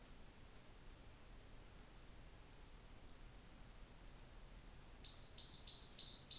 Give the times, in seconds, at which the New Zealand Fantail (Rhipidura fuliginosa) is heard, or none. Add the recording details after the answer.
3.32-6.03. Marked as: faintness 5/5. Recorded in New Zealand on 24 December 2018. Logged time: 13:10